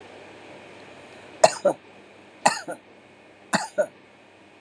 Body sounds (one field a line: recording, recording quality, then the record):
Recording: shallow voluntary cough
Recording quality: excellent, no background noise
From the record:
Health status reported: recovered from COVID-19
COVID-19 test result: negative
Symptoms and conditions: none ticked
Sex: female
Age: 57 years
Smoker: not ticked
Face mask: not worn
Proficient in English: yes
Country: India